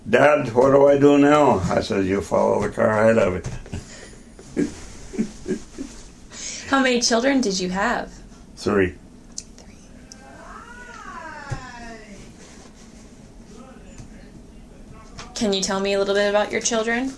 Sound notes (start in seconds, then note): 4.4 laughter; 8.9 laughter